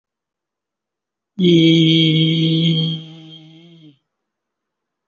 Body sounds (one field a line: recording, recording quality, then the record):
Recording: sustained vowel as in beet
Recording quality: excellent, no background noise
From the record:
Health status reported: respiratory illness, not identified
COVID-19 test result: negative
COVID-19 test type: RT-PCR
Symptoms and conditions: breathing difficulty, asthma, pneumonia, another respiratory illness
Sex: male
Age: 30 years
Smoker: no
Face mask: worn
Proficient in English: no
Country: India